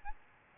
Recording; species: mosquito wingbeat signal from an infrared sensor; Aedes albopictus